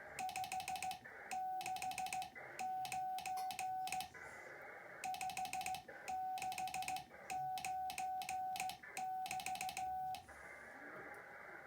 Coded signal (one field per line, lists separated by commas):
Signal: Morse code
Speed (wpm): 15 wpm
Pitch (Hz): 750 Hz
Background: none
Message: 569 569<BT>